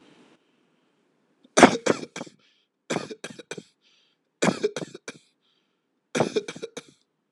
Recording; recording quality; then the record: shallow voluntary cough; excellent, no background noise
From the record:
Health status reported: healthy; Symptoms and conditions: diabetes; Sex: male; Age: 49 years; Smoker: not ticked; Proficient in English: yes